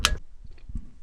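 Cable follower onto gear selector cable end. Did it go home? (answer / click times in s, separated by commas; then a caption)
yes / 0.1 s. A gear selector cable follower is pushed onto its cable end under a Mercedes Sprinter van with a manual transmission, and the side clip is pressed home. A sharp click at 0.1 s shows the follower is seated, followed by faint small clicks and low rustling.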